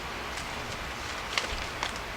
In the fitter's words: That just snaps into place.